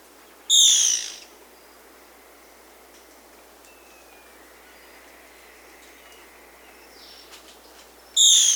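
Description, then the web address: Black-spotted bare-eye calls: a loud, short, descending whistled note, then a long quiet stretch of faint background hiss before another similar note begins at the end. Recorded in Peru. "Birds of the Amazon 2. Black-spotted Bare-eye (Phlegopsis nigromaculata), Peru"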